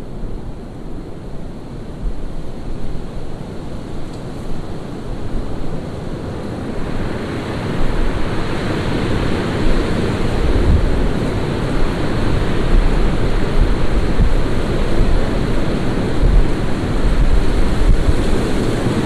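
A windstorm roars steadily, a dense rushing noise weighted toward the low end with constant fluttering buffets. Around the seven-second mark the gusts strengthen and grow brighter, holding at that louder level to the end, with occasional thumps of wind hitting the microphone.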